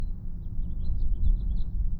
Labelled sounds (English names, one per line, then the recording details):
House Finch song
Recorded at Atlantic Beach West on Long Island, New York, on 2 June 1975
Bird B